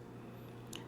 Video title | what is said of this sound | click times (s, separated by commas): DJI Osmo Action 5 Pro Unveiling Features & First Impressions | And it just clicks on. Make sure you hear two clicks. | 0.8 s